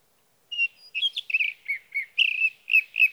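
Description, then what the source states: Sage thrasher giving a hurried, jumbled song of clear whistles and burry slurs, delivered almost without breaks. Male singing through the night near his night roost, evening of June 12 to morning of June 15, 2018, Sierra Valley, California; Swift recorder.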